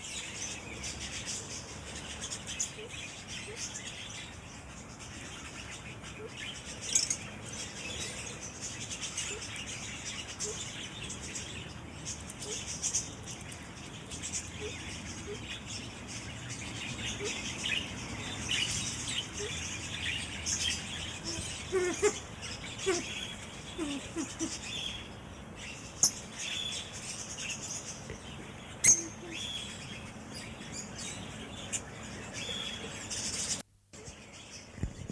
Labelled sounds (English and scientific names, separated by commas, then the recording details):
Rosy-faced Lovebird (Agapornis roseicollis) call
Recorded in captivity
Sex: group
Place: Zoo Halle, Sachsen-Anhalt, DE
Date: 2004-12-14 13:10
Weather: sonnig, 2°C
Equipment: Sony WM-D6C, Sennheiser ME 80, Kopie Uher 4000 Report Monitor
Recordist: Tembrock, Günter